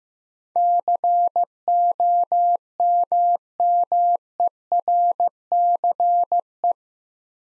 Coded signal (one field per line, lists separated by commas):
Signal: Morse code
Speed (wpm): 15 wpm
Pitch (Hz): 700 Hz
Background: none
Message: COMMERCE